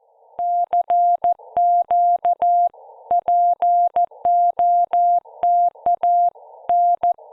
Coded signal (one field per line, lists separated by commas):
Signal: Morse code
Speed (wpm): 14 wpm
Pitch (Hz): 700 Hz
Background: music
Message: CQ POTA N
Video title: Part 2: 14 WPM CW Practice Parks on the Air Activation with an IC-705 Monterey, CA